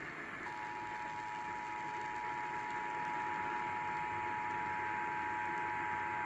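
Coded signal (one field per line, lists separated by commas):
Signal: Emergency Alert System (SAME) tones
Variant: 853 and 960 Hz attention tone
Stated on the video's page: Required Monthly Test for Sacramento.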